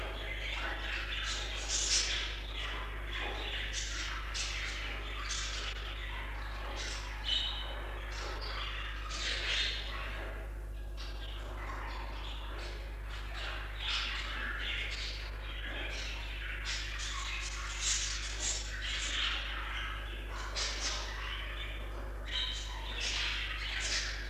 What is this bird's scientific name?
Melopsittacus undulatus